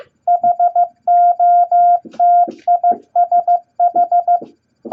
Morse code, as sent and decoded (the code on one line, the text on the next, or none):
.... --- - .. ... ....
HOTISH